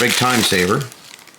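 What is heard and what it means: A snap-on outlet cover plate is handled before being pushed by hand, without screws, onto a wall receptacle. Someone talks for the first 0.9 seconds, followed by quiet handling with faint brief ticks around 1.1 and 1.3 seconds. The plate has not snapped or seated yet.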